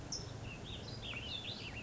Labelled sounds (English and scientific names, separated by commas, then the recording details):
California Towhee (Melozone crissalis)
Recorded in Sonoma County, California